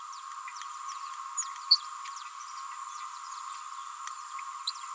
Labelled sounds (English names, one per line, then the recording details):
Green-rumped Parrotlet babbling
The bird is a female
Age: 29 days
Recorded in a nest box in Venezuela
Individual 17B31A3